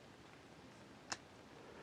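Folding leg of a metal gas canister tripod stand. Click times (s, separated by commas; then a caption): 1.1 s. A leg hinge on a small folding metal stove tripod, a gas canister stand, is swung open until it locks. A single sharp, bright click comes at 1.1 s against a faint steady background hiss, and the leg clicks into place.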